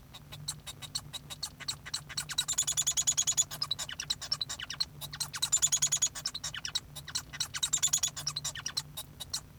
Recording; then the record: song of a male Bengalese finch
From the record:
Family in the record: son of father 1